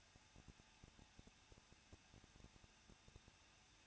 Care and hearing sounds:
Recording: daily activity, microphone in the room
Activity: no activity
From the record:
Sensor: 2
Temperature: 21.0 degrees Celsius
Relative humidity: 37.5%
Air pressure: 1006.2 hPa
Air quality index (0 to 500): 224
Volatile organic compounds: 25 ppm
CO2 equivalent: 2840 ppm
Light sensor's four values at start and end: 2/3/2/2 and 2/3/2/2

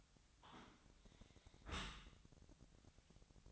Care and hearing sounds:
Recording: daily activity, microphone in the room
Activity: close dishwasher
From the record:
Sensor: 3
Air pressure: 1003.1 hPa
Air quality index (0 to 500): 199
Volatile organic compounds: 6 ppm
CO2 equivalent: 1940 ppm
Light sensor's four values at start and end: 35/87/37/40 and 35/87/37/40

